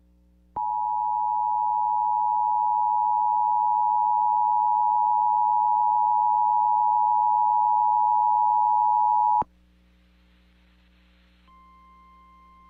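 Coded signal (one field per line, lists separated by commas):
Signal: Emergency Alert System (SAME) tones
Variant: 853 and 960 Hz attention tone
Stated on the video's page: Real EAS alerts, mostly severe thunderstorm warnings.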